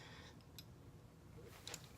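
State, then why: Seated. A sheet film holder is lined up and pressed down firmly into the slightly pulled-open, spring-loaded ground-glass back of a view camera. After a faint tick at about 0.6 s, it clicks into place at 1.7 s and is seated.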